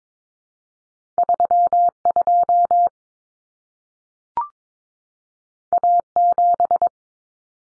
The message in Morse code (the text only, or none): 32 A7